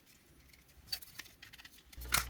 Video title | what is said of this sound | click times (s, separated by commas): EBL Official NiMH Battery Set Review | all snaps back in | 2.1 s